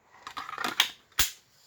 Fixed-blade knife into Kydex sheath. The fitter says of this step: and it's got a really great positive click in especially where the intention is to carry this inverted